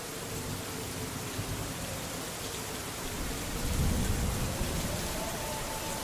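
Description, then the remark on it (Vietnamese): Steady, hissing rain pours down while a deep rumble of thunder swells and rolls through the low end midway, then gradually fades back under the downpour. “Sấm chớp ầm ĩ trên trời cao, mưa to sắp đến.”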